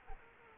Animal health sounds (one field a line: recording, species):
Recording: mosquito wingbeat signal from an infrared sensor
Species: Culex quinquefasciatus